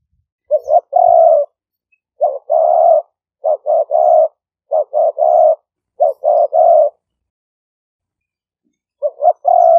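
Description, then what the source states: Spotted dove cooing: soft low phrases, each a short note followed by longer throaty coos, repeated several times with a long pause before the last phrase. Vietnamese name cu gáy; coo style called '5 hậu'.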